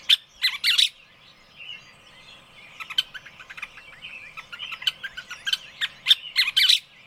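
Birds calling in a busy chorus, opening with a few loud sharp chirps, then continuous twittering and bright tweets rising again near the close.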